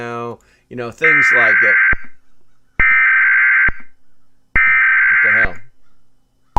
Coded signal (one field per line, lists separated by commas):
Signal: Emergency Alert System (SAME) tones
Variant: header bursts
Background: speech